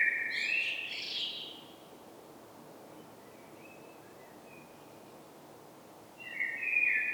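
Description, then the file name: Common blackbird: a fluted phrase with a squeaky twittering end, a long quiet gap with faint thin notes, then a new mellow phrase starts. "Turdus merula"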